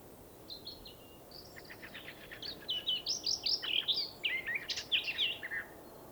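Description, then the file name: Eurasian blackcap song starting softly with thin notes, then a louder run of fluty whistles over a steady background hiss. "Sylvia atricapilla"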